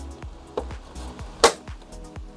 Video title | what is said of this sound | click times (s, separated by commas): WD BLACK 1TB SN850 NVMe Internal Gaming Hard Drive - PlayStation 5 (PS5) Installation Tutorial. | we go, until it clicks. | 1.4 s